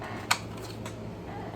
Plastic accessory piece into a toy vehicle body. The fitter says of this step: and it clicks right in